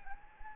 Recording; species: mosquito wingbeat signal from an infrared sensor; Anopheles arabiensis